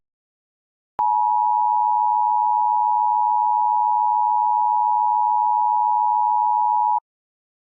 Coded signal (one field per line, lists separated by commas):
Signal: Emergency Alert System (SAME) tones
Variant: 853 and 960 Hz attention tone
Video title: If your mom could control the EAS: #mcguire